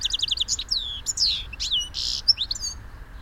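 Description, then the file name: European goldfinch calls: a quick run of tinkling notes, then slurred descending twitters and a short harsh buzz. "Carduelis carduelis"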